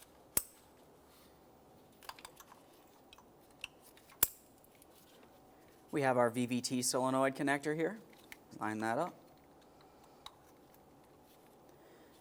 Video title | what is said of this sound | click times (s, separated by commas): How to Replace Valve Cover 2014-2018 Mazda 3 2.0L L4 | Press them in until you hear a click, a light tug confirming they're secured. | 0.4 s, 4.2 s